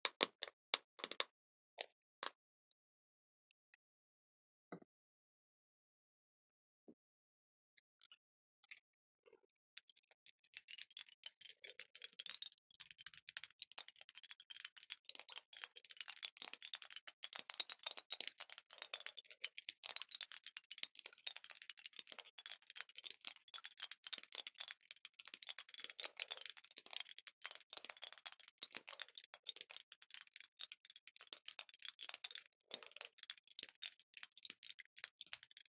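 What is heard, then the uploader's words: Lid sounds: a few sharp clicks in the opening seconds, then near silence with scattered taps. From about ten seconds a dense, rapid rattling and clinking sets in, bright and fairly steady, continuing until the final few seconds, where it thins out. Lid Sounds.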